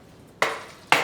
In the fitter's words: until it snaps through the pin just like that